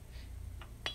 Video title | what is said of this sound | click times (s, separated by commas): How the spark plug cap attaches the spark plug. Example of a failed spark plug cap up close! | there's nothing it just it's just sitting on there | none